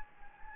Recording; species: mosquito wingbeat signal from an infrared sensor; Anopheles gambiae